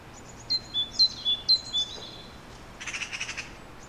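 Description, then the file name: Great tit giving three quick, high two-note whistled phrases, each dropping slightly, followed by a short buzzy chattering burst. "Parus major"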